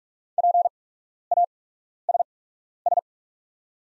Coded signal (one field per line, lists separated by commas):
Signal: Morse code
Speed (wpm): 44 wpm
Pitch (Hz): 700 Hz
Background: none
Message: PASS